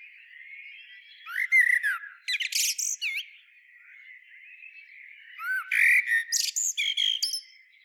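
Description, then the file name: Eurasian blackbird song repeated twice, each phrase opening with low warbled whistles and ending in a flurry of high, buzzy twitters. "Turdus merula"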